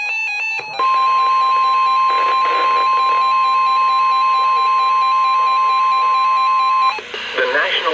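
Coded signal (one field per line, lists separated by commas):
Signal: Emergency Alert System (SAME) tones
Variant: 1050 Hz attention tone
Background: speech, music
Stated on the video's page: NOAA Weather Radio EAS tones from several transmitters, for severe thunderstorm, special marine, flash flood watch and flood warnings issued by Sterling, VA.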